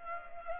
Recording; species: mosquito wingbeat signal from an infrared sensor; Culex pipiens